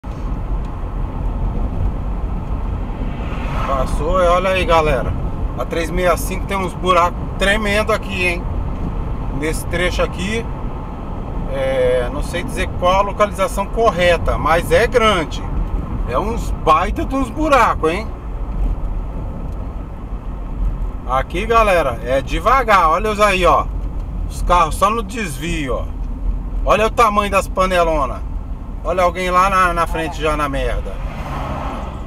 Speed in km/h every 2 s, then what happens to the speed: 52, 57, 60, 59, 62, 65, 60, 58, 53, 48, 47, 40, 34, 33, 34, 29.
0-3 speeds up to 60. 3-10 steady at about 60. 10-23 slows to 34. 23-28 steady at about 34.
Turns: none.